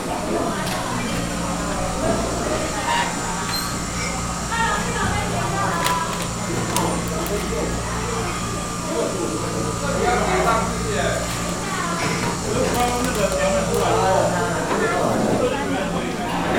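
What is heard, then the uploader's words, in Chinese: Customers queue for oden in a busy eatery, with many voices talking at once in a dense, steady crowd murmur. A low mechanical hum runs underneath throughout, and brief clinks and knocks of dishes or utensils pop up every few seconds. 我在鶯歌阿婆壽司店裡用餐。這次,我把自己的聲音也刻意錄進去了....從一樓就有排隊買關東煮的客人,連結到二樓用餐區的熱絡氣氛。整個用餐區我都聽到壓縮機的聲音。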